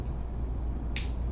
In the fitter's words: I don't know whether you thought to click or not that's how they click so it is so hard to remove this